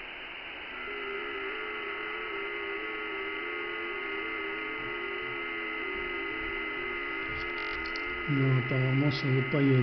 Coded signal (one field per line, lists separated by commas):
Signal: FT8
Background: speech